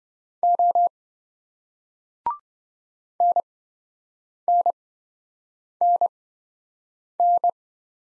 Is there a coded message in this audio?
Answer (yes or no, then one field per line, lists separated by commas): yes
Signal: Morse code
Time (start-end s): 0.4-7.5 s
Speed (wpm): 28 wpm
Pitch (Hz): 700 Hz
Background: none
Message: O NNNN